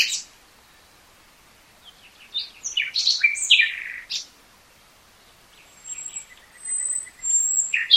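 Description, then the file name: Common nightingale song in varied bursts: chirps and buzzy notes, then long thin whistles, a low steady tone and sharp notes after a pause. "Luscinia megarhynchos"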